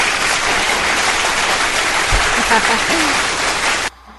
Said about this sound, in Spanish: Es más, un aplauso a Alfonso.